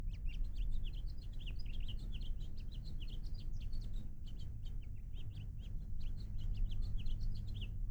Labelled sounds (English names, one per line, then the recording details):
House Finch song
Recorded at Island Park on Long Island, New York, on 17 June 1975
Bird A